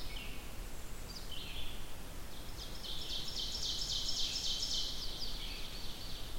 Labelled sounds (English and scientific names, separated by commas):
Ovenbird (Seiurus aurocapilla) song